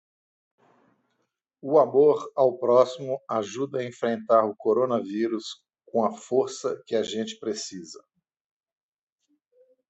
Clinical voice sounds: spoken sentence; Brazilian Portuguese; male; 60 to 69 years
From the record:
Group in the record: control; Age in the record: 63 years

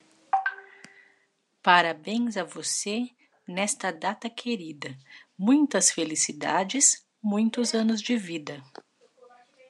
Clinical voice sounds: short text; Brazilian Portuguese; female; 40 to 49 years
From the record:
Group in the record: control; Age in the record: 43 years

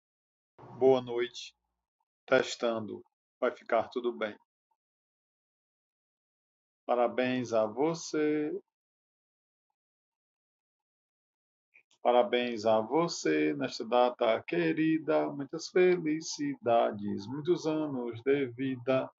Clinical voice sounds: short text; Brazilian Portuguese; male; 40 to 49 years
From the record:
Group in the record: control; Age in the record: 40 years

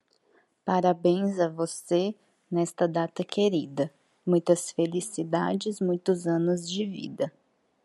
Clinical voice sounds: short text; Brazilian Portuguese; female; 20 to 29 years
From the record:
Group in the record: control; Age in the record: 29 years

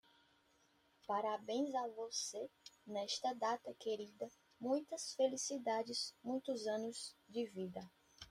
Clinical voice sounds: short text; Brazilian Portuguese; female; 30 to 39 years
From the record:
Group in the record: control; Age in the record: 30 years

